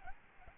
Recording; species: mosquito wingbeat signal from an infrared sensor; Aedes albopictus